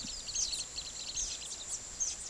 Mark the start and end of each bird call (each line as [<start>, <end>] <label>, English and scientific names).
[0.00, 1.73] Cobalt-winged Parakeet (Brotogeris cyanoptera)
[0.00, 2.29] White-lored Euphonia (Euphonia chrysopasta)